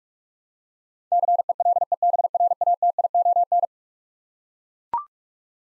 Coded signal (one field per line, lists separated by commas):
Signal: Morse code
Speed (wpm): 42 wpm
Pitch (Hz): 700 Hz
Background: none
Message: CELEBRATION